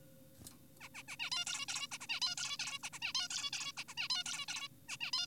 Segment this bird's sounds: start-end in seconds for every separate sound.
0.81-0.89, 0.94-1.03, 1.08-1.16, 1.20-1.30, 1.32-1.45, 1.47-1.66, 1.68-1.87, 1.92-1.98, 2.01-2.07, 2.09-2.20, 2.22-2.35, 2.38-2.57, 2.59-2.79, 2.83-2.90, 2.93-2.99, 3.02-3.13, 3.15-3.28, 3.30-3.50, 3.53-3.72, 3.77-3.84, 3.88-3.94, 3.98-4.08, 4.10-4.23, 4.26-4.46, 4.48-4.68, 4.89-4.97, 5.01-5.11, 5.13-5.26